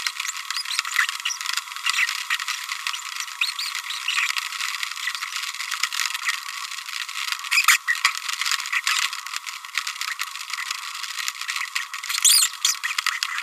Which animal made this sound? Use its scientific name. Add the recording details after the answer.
Forpus passerinus. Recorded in a nest box in Venezuela. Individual 18B25A5